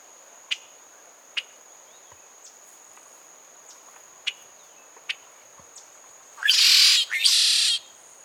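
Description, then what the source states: Red-shouldered blackbird singing two loud raspy buzzes near the end, preceded by sparse sharp ticks, over a constant high-pitched insect drone. Song recorded at La Turba, Cuba, in April 2015.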